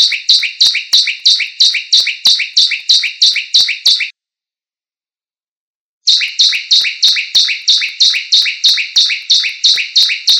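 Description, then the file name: Bar-winged prinia with a quick rhythmic series of high, slurred two-note phrases, roughly three each second, stopping for two seconds, then starting again at the same pace. "suara burung ciblek lain"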